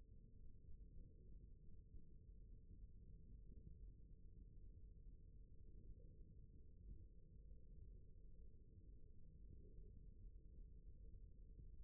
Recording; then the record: forearm muscle sounds (acoustic myography)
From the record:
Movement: rest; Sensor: system 1, eight BSWA MPA416 microphones around the upper forearm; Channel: 1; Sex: male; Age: 23 years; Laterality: right